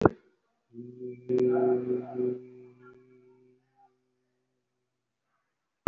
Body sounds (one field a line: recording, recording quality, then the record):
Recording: sustained vowel as in beet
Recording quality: excellent, no background noise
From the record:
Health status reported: respiratory illness, not identified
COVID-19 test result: negative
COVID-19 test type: RT-PCR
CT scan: not taken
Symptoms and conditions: cold, breathing difficulty, sore throat, asthma, another respiratory illness, another condition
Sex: male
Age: 39 years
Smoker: no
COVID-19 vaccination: one dose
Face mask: worn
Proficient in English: no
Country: India